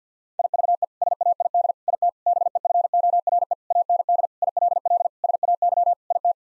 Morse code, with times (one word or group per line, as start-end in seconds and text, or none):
0.4-0.8 IVE
1.0-1.7 SAID
1.9-2.1 IT
2.3-3.5 BEFORE
3.7-4.3 AND
4.4-5.1 ILL
5.2-5.9 SAY
6.1-6.3 IT